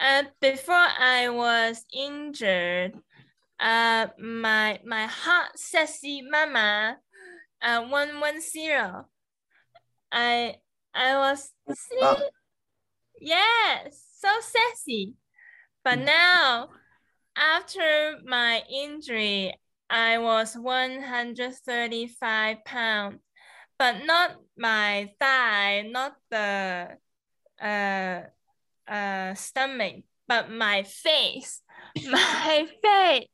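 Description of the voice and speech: An adult woman speaks with aphasia. Her speech is halting and fragmented, with short phrases broken by frequent pauses, repeated words and odd word choices.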